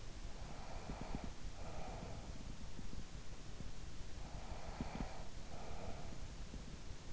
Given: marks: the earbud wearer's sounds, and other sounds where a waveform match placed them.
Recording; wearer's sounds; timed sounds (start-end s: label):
sounds in sleep by an in-ear microphone; breath
0.00-2.97 s: breath
3.74-7.06 s: breath